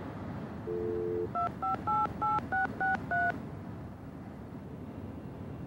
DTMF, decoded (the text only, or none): 2588663